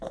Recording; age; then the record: pig call; piglet (1 to 25 days)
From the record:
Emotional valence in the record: negative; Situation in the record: long isolation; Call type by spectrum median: low-frequency call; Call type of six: low-frequency tonal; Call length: 0.11 s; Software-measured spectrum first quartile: 383 Hz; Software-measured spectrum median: 561 Hz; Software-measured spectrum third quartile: 749 Hz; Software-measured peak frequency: 546 Hz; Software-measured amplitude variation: 152 dB a second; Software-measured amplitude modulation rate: 13.2 a second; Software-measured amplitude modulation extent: 11.5 dB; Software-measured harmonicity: 3.4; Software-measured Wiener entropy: -0.51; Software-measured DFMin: 1455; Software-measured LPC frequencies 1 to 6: 587, 1691, 3211, 3684, 5661, 6385 Hz